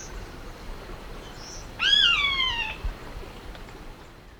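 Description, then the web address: Blackish rail giving a single loud squealing call that falls in pitch and lasts about a second, against quiet background hiss. Recorded in Ecuador, South America. "Birds of Ecuador. Blackish Rail"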